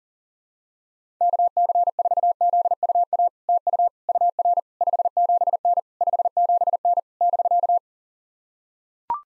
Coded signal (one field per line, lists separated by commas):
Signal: Morse code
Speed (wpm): 40 wpm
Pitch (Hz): 700 Hz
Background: none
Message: KC4ZUA TU UR 57N 57N <BK>